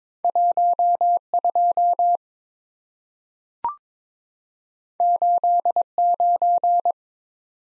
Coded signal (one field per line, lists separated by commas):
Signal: Morse code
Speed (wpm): 22 wpm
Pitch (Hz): 700 Hz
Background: none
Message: 12 89